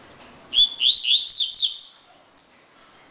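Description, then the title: Double-collared seedeater singing a quick phrase of high, sweeping slurred notes that rise and fall, followed after a pause by one thin, falling high whistle. "Canto Coleiro"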